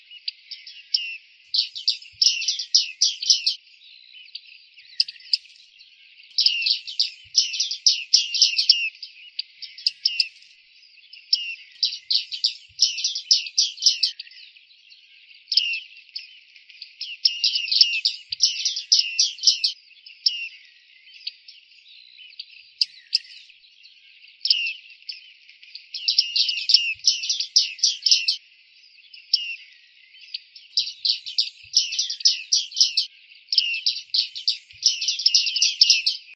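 Bearded reedlings call in high, bright bursts of rapid ticking notes, each burst lasting one to two seconds and recurring every few seconds across the whole stretch. Softer, thinner calls fill the gaps between the louder flurries, and nothing low sounds underneath.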